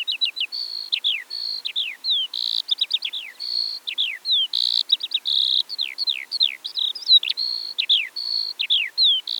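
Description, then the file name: Eurasian skylark pouring out a continuous high song of falling slurred whistles, rapid chirps and brief buzzy trills, with scarcely any gap between phrases. Eastern Europe. "Stimmen der Natur aus Osteuropa - Feldlerche"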